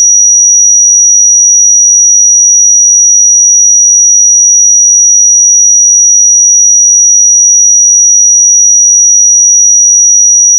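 A pure 5799 Hz sine tone holds perfectly steady for the whole clip, a single thin, high, piercing whistle with nothing else around it. The level never wavers, and there is no background noise, no pulsing and no change in pitch.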